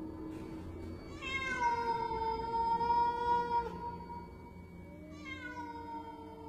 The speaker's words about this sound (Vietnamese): Con mèo đứng ở giữa sân, nhìn vào trong nhà kêu lên mấy tiếng.